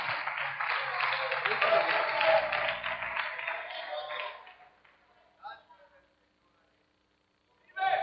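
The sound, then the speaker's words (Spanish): A church audience bursts into steady, dense applause given to the Lord, holding loud for several seconds, then thinning and fading out, followed by quiet and a couple of brief voice fragments. “Demos ese aplauso al Señor.”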